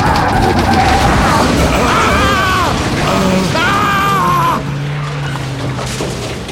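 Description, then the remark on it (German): A car, struck by a monster, skids with wavering, screeching tones over a dense, loud crashing clatter as it overturns and comes to rest on its roof, then the noise drops to a steadier low rumble and a sustained hum. “Dem Ungeheuer war es gelungen, den Wagen so zu treffen, dass er sich überschlug und auf dem Dach liegen blieb.”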